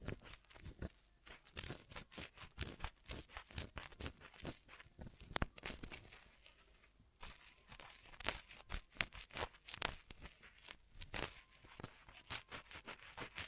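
Ear massage sounds: a steady run of soft, crackly crinkling and rubbing, with dense bursts of quick scratchy strokes that come several times a second. The sound is mostly bright and airy, with a brief quieter lull around the seventh second before the rubbing resumes.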